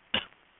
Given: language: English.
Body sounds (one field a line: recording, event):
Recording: throat vibration sensor signal played as sound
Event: cough